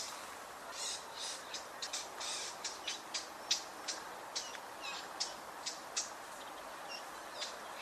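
Eurasian blackcap tacking: brisk, dry clicks repeated unevenly over several seconds, with a broad rushing noise beneath.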